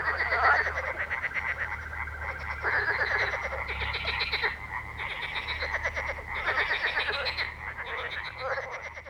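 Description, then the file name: Frog chorus of quick rattling croaks, dense and unbroken, with several callers overlapping and brief louder bursts. Frog ambience. "atmos frogs"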